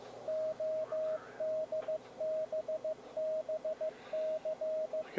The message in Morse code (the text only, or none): ODBBC